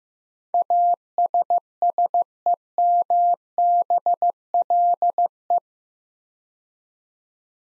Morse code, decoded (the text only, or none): ASSEMBLE